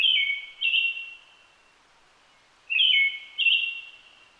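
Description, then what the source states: Brown-headed thrush giving two whistled phrases, each a steady tone followed by a slightly higher note and a thin fading tail, separated by a quiet gap. Recorded 29 June 2009 at 17:46.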